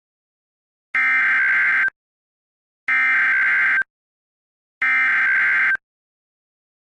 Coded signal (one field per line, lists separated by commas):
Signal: Emergency Alert System (SAME) tones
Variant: header bursts